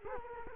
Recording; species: mosquito wingbeat signal from an infrared sensor; Culex quinquefasciatus